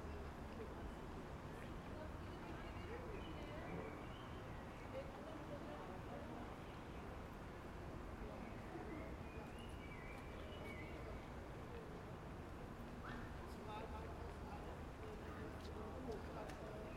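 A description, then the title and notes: Outdoor ambience on a city square, with a steady murmur of many voices blending into a dense, even crowd sound. Brief higher calls and fragments of speech surface now and then, over a low rumble of traffic that never lets up. Ambience on the Theaterplatz in Essen at 12:00 am.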